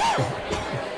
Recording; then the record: coughing mixed with background sound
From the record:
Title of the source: Dry Coughing Fit in the Afternoon.